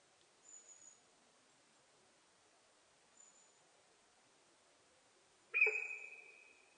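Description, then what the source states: Sika deer whistle call: two faint, very high brief notes, then one loud sudden whistle held level and fading. Recorded in Japan on 4 November 2006.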